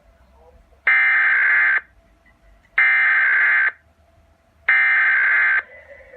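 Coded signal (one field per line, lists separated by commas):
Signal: Emergency Alert System (SAME) tones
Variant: header bursts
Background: speech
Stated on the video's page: Fictional EAS scenario.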